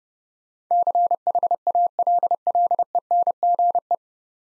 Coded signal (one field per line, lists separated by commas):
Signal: Morse code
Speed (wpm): 30 wpm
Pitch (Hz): 700 Hz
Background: none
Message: CHALLENGE